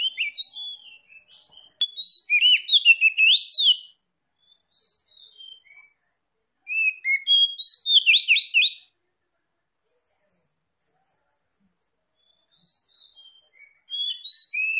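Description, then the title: Oriental magpie-robin song in bursts: dense whistled and chattering phrases, quiet gaps with faint notes, then another loud volley and a fresh burst at the end. Tretes is named with the bird; its singing is described as gacor, meaning vigorous, frequent song. "Kacer Tretes"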